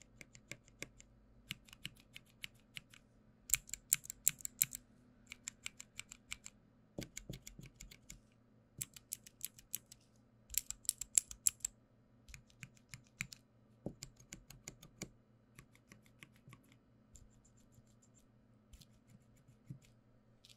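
Sharp mechanical clicks from switches and buttons come in quick bursts and clusters, some bright and snappy, others duller thuds, with short pauses between runs. A faint low hum sits underneath throughout, and the clicking is irregular.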